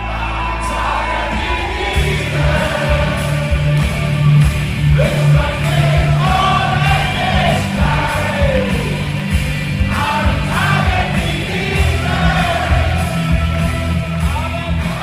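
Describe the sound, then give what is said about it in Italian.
A large crowd of CDU supporters cheers and yells without pause at Angela Merkel's election victory party in Germany as CDU leaders go up on stage, loud whoops and shouts rising over a dense, steady roar from start to finish. “La festa può così riprendere, i leader CDU salgono sul palco”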